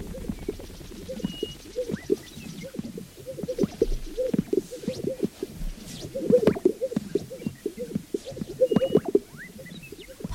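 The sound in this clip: Sage-grouse group making low plopping, gulping notes in uneven bursts, joined by soft high whistles and rapid faint trills from other birds.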